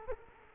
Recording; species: mosquito wingbeat signal from an infrared sensor; Culex quinquefasciatus